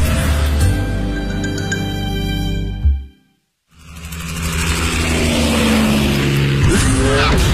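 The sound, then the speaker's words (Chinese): A powerful V8 sports car engine, an all-aluminium petrol engine in a car with full-time four-wheel drive and a top speed over 300 km/h, roars with a deep, throbbing drone, cuts out abruptly for a moment, then revs back up with climbing pitch. No one speaks. “车身线条大胆前卫，配备 V8 引擎，全时四驱系统，全铝汽油发动机，最高时速超过每小时300公里”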